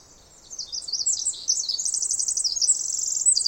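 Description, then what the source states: Pacific wren song starting after a short quiet moment, a loud, rapid jumble of high twittering trills that keeps going to the end. Snider Jackson/Rugged Ridge trail, May 11-13 2018, morning after dawn chorus; bird sang about 20 minutes in trees above microphone, then flew down closer; very loud, unmastered recording.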